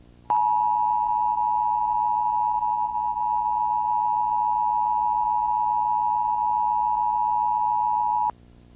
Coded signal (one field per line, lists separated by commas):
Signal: Emergency Alert System (SAME) tones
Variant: 853 and 960 Hz attention tone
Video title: Comcast Emergency Alert System - Law Enforcement Warning (January 4, 2024; 10:25pm)